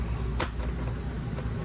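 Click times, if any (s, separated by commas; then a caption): 0.4 s. A fold-up bunk in the bunkroom of a 2025 Forest River Salem 31KQBTS bunkhouse travel trailer is raised, and its side latch on the bunkroom wall locks it in the up position. A sharp click at 0.4 s marks the latch seating, over a low steady background hum. Fainter ticks follow, and the bunk is confirmed locked in place.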